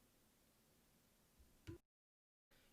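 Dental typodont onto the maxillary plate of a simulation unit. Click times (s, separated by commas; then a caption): 1.7 s. A dental typodont model is lined up by its two holes on the pins of the maxillary plate in a simulation unit and pressed on until the magnet engages. Over a steady hiss, a faint bump comes at about 1.4 s, then a short, sharp snap at 1.7 s, followed by near silence before the hiss returns at about 2.5 s. The typodont is seated on the magnetic mount.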